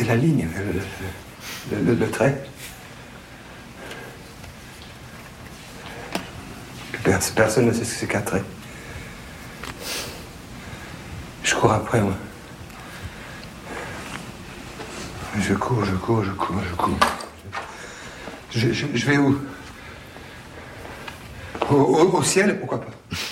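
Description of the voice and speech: A man speaks French with repeated syllables and words and long pauses: a stutter acted by a man playing a painter, in a film scene.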